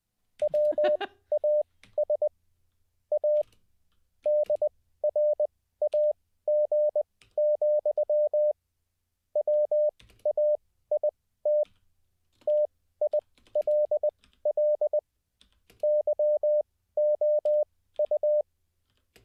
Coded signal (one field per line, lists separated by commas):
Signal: Morse code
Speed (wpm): 20 wpm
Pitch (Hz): 600 Hz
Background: none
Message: WAS A DRAG, WAIT TILL YOU